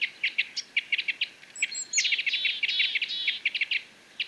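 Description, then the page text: Parrot crossbill calls: a rapid series of short, hard chip notes, sometimes doubled or bunched into quick rattling runs, with a few thin higher notes mixed in. "Jelmer Poelstra - Клёст-сосновик (Loxia pytyopsittacus)"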